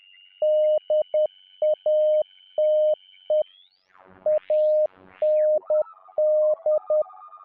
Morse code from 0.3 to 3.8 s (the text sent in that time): DATE